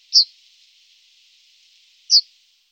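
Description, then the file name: Yellowhammer giving two short, sharp, high call notes about two seconds apart, with quiet background between them. "Goldammer"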